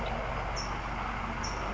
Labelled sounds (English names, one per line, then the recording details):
California Towhee
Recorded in Sonoma County, California